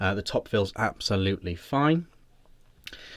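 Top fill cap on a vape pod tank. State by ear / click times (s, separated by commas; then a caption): seated / 2.9 s. Someone talks while twisting the top-fill cap of the pod tank on an Innokin Platform Z-BiiP AIO vape back into place. After the speech stops, there is quiet, then a sharp click at 2.9 s as the cap seats tightly and clicks closed.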